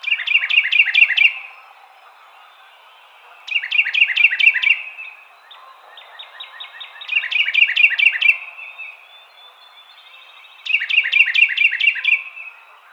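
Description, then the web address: Carolina wren song repeated four times, each phrase a fast, loud string of bright two-part notes, coming roughly every three and a half seconds. Recorded on 23 April 2007. "Carolina Wren 2007 04 23"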